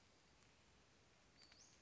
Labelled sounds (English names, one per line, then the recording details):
Western Flycatcher
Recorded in Sonoma County, California